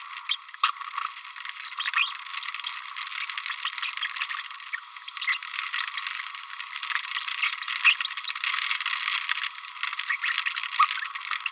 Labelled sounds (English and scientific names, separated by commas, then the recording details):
Green-rumped Parrotlet (Forpus passerinus) babbling
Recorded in a nest box in Venezuela
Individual 18B25A5